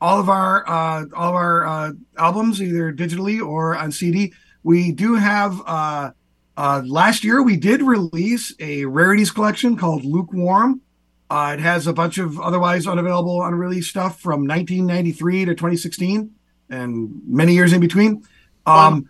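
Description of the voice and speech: One adult speaks fluently at a relaxed pace with clear, steady voicing; ordinary speech.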